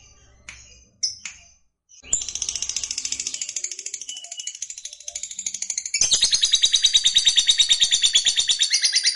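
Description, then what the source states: Lovebird song: a few sharp chirps, then a long, continuous, high buzzy chatter that grows louder after about six seconds. Fighter-type lovebird singing energetically (gacor).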